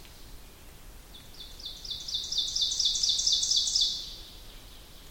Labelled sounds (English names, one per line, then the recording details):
Ovenbird song
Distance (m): 35 m
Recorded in boreal forest in Alberta, Canada, on 2 June 2016 at 07:16
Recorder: SongMeter 3, array SBT-3-7
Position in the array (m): 105 m, 23 m
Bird 9